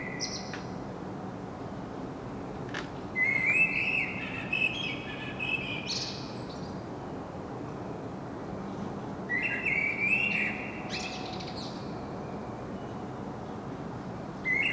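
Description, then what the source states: Common blackbird song: melodious warbled phrases with scratchy high flourishes, repeated roughly every six seconds, a sharp click early on, steady background rumble. Singing, recorded in Saint-Gilles, Belgium, with a Sony PCM-M10 internal microphone.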